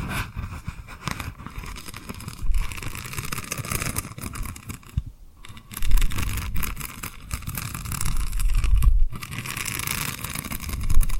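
Tapping and rubbing on rhinestones make a dense, crackly scratching, with brief pauses near five and nine seconds and low thumps between.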